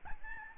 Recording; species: mosquito wingbeat signal from an infrared sensor; Aedes albopictus